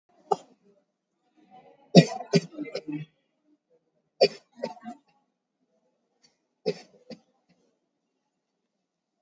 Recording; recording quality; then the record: heavy voluntary cough; excellent, no background noise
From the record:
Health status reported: COVID-19 positive, mild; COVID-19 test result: positive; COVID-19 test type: RT-PCR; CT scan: taken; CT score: 0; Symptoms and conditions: cough, cold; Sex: male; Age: 30 years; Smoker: no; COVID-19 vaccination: both doses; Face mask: worn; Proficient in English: yes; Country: India